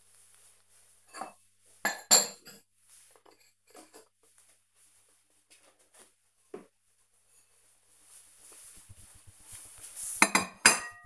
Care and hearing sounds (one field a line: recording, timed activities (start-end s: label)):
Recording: household activities, microphone on the right wrist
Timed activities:
0.00-11.06 s: putting away the dishes